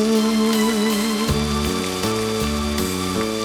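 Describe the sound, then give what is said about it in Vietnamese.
Heavy rain pours in a steady, dense hiss while a slow melody with stepping bass notes plays over it; no one speaks. “Chà, mưa lớn quá kìa. Nhắc tới mưa là mưa liền à.”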